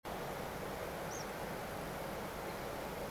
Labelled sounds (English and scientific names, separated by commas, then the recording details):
Tree Pipit (Anthus trivialis)
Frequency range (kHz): Tree Pipit (Anthus trivialis) 5.0-7.0 kHz
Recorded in France